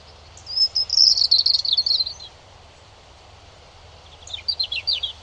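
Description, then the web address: European robin singing a rapid, high warbling phrase of jumbled twittering notes, a pause, then a shorter sparkling phrase; steady low background hum. "Deverinetal 2025 File origin Bird Only Er Ru"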